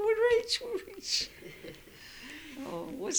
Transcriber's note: they laugh